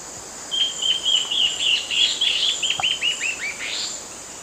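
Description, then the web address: Peruvian warbling antbird duet: a fast series of clear whistled notes, each dropping in pitch, joined near the end by a higher rising series, over a steady insect hiss. A duet; eastern lowlands of South America. "Natures Songs S America Eastern Lowlands. Hypocnemis peruvianus"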